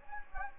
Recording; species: mosquito wingbeat signal from an infrared sensor; Anopheles gambiae